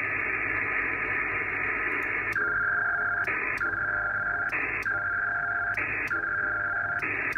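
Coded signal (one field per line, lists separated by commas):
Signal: HF data modem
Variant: PACTOR 4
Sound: dense hissing data bursts switching back and forth, ARQ exchange rhythm about every second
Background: radio static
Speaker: so let's see if it'll connect [Applause] perfect no mail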